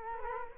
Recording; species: mosquito wingbeat signal from an infrared sensor; Culex quinquefasciatus